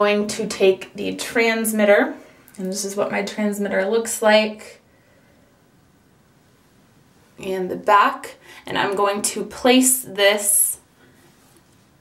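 Someone talks while handling the plastic transmitter of a Dexcom G4 glucose monitor, showing its back and holding it before placing it into the sensor base on the upper thigh. Between two stretches of talk there is a quiet pause. Nothing has seated or clicked yet.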